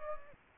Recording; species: mosquito wingbeat signal from an infrared sensor; Aedes aegypti